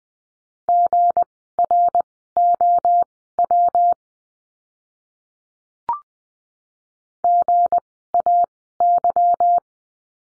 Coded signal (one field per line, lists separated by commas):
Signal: Morse code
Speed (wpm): 20 wpm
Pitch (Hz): 700 Hz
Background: none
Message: GROW GAY